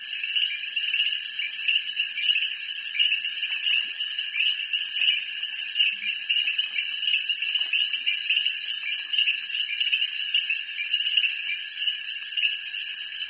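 Frog calls: a continuous high trill that holds steady throughout, with softer rhythmic pulses above.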